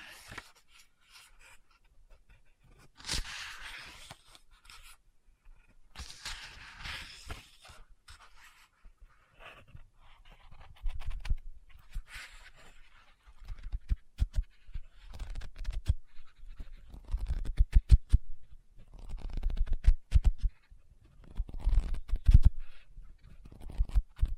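Scratching and tapping on a book, with a few papery rustles that may be pages turning around three and six seconds. The early part is soft and sparse; after ten seconds the taps grow louder and quicker, coming in short irregular clusters until the end.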